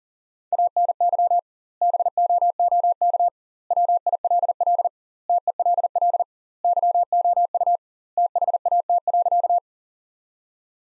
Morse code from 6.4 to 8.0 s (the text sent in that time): YOU